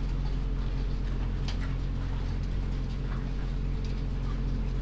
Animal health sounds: poultry house recording; sick chickens (respiratory disease)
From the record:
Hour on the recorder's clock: 21

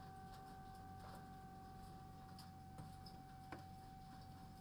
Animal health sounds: poultry house recording; no chicken sound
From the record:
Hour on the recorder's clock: 22

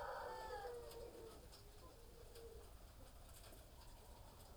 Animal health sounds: poultry house recording; healthy chickens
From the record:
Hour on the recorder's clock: 18

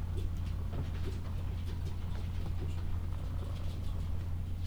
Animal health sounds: poultry house recording; sick chickens (respiratory disease)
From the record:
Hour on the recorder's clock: 14

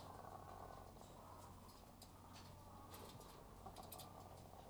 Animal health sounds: poultry house recording; sick chickens (respiratory disease)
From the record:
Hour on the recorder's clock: 12

